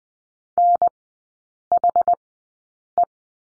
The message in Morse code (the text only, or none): NHE